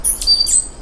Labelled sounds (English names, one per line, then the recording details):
Stitchbird song
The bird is a male
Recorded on Tiritiri Matangi Island, New Zealand, in 2005
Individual 1, of nest box 1